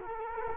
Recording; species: mosquito wingbeat signal from an infrared sensor; Culex quinquefasciatus